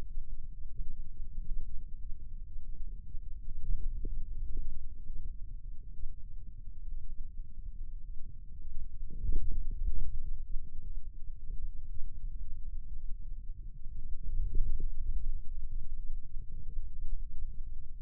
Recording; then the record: forearm muscle sounds (acoustic myography)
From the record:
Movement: hand opening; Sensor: system 2, bracelet of six BSWA MPA416 microphones around the upper forearm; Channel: 2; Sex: male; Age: 22 years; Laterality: right